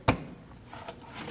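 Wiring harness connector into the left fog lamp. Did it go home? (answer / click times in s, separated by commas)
yes / 0.1 s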